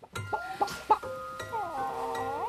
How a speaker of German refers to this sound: Das ist doch bloß ein Hühnle